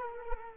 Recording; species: mosquito wingbeat signal from an infrared sensor; Culex quinquefasciatus